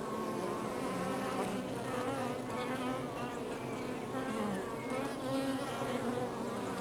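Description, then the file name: Honey bees buzzing in a dense, steady hum, with wavering tones as individual bees fly past, some rising and falling in pitch. Outside the hive. "Ruche Exterieur"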